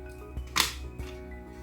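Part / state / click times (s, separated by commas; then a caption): RAM module into motherboard memory slot / seated / 0.6 s. A laptop-style SO-DIMM RAM stick is pressed down into the memory slot of an ASRock DeskMini X300 mini PC until the retaining clips snap. A sharp, bright snap sounds at 0.6 s over a steady low background hum, with softer thumps around it. The module is seated in the slot.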